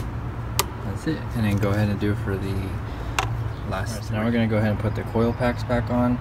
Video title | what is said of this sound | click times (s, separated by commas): 12-17 Honda Accord Valve Adjustment and Spark Plug Replacement | So you're just going to pull it until it clicks. | 0.6 s